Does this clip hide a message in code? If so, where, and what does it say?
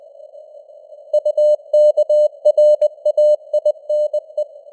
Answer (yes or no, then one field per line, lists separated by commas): yes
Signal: Morse code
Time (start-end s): 1.1-4.4 s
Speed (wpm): 20 wpm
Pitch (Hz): 600 Hz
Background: none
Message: UKRAINE